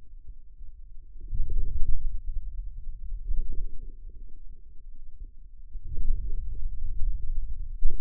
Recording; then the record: forearm muscle sounds (acoustic myography)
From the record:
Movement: hand closing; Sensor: system 2, bracelet of six BSWA MPA416 microphones around the upper forearm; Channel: 5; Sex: male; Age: 22 years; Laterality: right